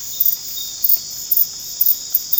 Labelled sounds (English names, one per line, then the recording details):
none
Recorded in dense forest near Puerto Asís, Putumayo, Colombia, on 8 March 2025 at 00:30
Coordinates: 0.486, -76.317
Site G053